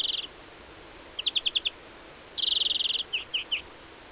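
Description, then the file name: European greenfinch calls: a brief buzzy trill, a chatter of five clipped notes, then a longer buzz followed by three separate twangy notes. "Chloris chloris"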